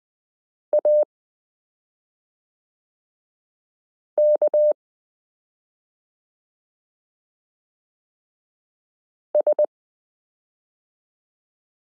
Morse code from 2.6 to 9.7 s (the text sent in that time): K S